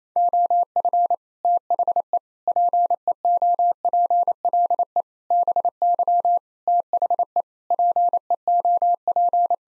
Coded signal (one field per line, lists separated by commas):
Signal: Morse code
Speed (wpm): 28 wpm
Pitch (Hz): 700 Hz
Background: none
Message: OF THE PEOPLE BY THE PEOP